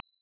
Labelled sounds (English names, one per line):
Common Yellowthroat flight call